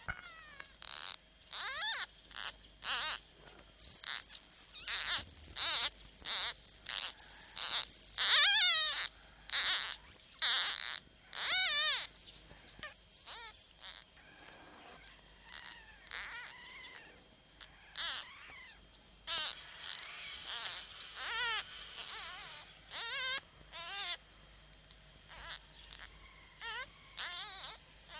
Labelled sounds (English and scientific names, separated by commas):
Red Fox (Vulpes vulpes)